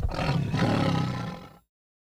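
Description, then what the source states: Tiger producing one steady, deep rumbling growl lasting under two seconds, then silence. Growls mixed with some wheezes.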